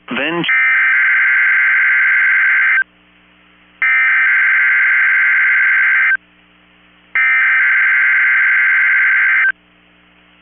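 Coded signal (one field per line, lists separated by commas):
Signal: Emergency Alert System (SAME) tones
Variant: header bursts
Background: speech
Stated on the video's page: Required weekly test from a weather radio station, received fully.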